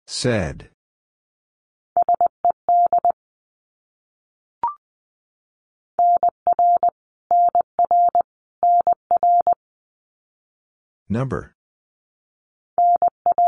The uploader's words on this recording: Abbreviations Repeated 3x - 20wpm. Morse code.